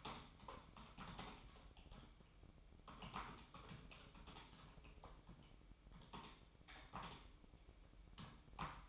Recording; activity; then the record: daily activity, microphone in the room; typing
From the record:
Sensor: 1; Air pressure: 1007.6 hPa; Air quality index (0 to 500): 79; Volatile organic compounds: 1 ppm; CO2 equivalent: 685 ppm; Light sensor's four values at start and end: 11/27/11/12 and 11/26/11/12